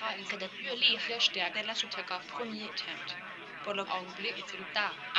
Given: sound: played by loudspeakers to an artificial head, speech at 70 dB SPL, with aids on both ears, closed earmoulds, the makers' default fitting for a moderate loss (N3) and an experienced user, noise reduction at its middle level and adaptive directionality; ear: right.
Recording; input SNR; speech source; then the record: speech test signal (ISTS) in cocktail-party noise; 0 dB; on the right (90 degrees)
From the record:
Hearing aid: class 1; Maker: F